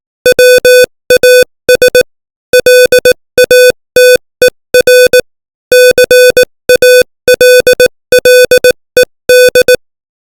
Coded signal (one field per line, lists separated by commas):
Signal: Morse code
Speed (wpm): 18 wpm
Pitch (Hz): 500 Hz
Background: music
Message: WAS LATER CALLED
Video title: Morse Code 18 WPM : Confucianism